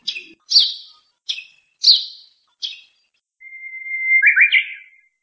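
Bird calling with five sharp high chirps, then a thin level whistle that breaks into a quick warbling trill; nothing else audible.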